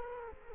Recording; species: mosquito wingbeat signal from an infrared sensor; Culex quinquefasciatus